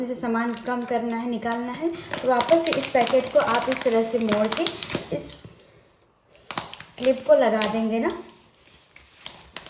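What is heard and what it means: Someone talks while an opened food packet is folded over at the top and a plastic bag-sealing clip is handled onto it, with brief crinkling and tapping handling sounds around 6.5 s and again near the end. Nothing has seated or clicked yet; the clip is not yet closed on the packet.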